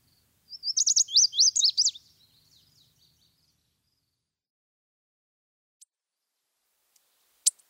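Lazuli bunting song: a quick burst of high, sweet, slurred notes lasting about one and a half seconds, then quiet with a few brief clicks.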